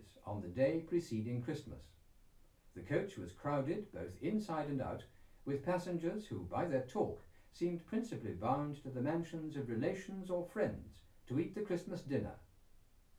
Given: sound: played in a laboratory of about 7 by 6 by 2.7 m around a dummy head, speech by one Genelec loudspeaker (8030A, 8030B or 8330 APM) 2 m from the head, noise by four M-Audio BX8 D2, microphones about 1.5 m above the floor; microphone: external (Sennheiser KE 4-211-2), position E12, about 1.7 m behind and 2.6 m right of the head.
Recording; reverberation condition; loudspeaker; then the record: male speech in English; low; 60 degrees to the right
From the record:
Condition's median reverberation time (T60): about 310 ms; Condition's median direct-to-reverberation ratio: about 3.5 dB